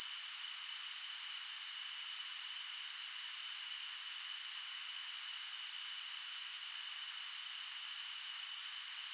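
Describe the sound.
Continuous high cricket trill, fast regular pulses blending into one shimmering drone, accompanied by a steady lower tone.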